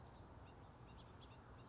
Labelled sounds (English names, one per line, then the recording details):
House Finch
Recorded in Sonoma County, California